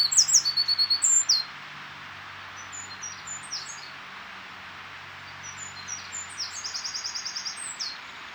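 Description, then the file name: Eurasian wren giving a brief, loud, high, rapid trilled phrase, then quiet, with scattered faint high chirps and a soft repeated rattle later on. "Troglodytes troglodytes"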